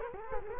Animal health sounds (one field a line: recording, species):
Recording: mosquito wingbeat signal from an infrared sensor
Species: Culex quinquefasciatus